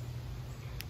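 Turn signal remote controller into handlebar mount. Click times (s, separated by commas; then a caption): 0.8 s. A turn signal remote controller is pushed onto its plastic handlebar mount, where it is held with a small rubber band. Over a steady low hum, a single sharp snap at 0.8 s marks the controller seating into place.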